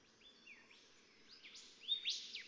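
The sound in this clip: Golden whistler song: faint whistled notes sweeping upward, louder toward the end, over background hiss.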